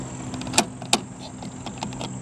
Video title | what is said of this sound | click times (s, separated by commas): How to Equalize Pressure in a Vehicle's Fuel Tank | wanna hear a snap just once or twice just a couple times | 0.6 s, 0.9 s